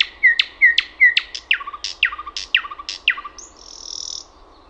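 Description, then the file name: Thrush nightingale song: three sharp slurred whistles, then a quick series of sharp notes with low clicks, ending in a buzzy rattle. "SATAKIELI"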